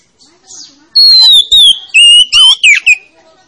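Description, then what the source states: Oriental magpie-robin singing a rapid sequence of bright, slurred whistles, all within about two seconds. Lure to make a reluctant magpie-robin (kacer) that is lazy to sing start singing.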